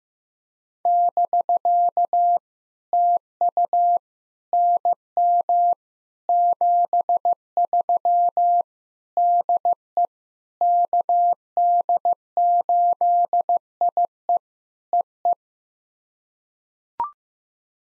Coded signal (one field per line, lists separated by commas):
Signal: Morse code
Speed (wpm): 15 wpm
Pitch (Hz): 700 Hz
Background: none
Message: <BK> TU NM 73 DE KD8IE EE